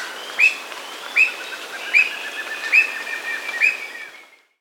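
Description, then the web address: Squirrel cuckoo calling a series of sharp, clipped whistled notes, about one every 0.8 seconds, five in all over a faint steady background hiss. Recorded in Peru. "S America Squirrel Cuckoo (Piaya cayana), Peru"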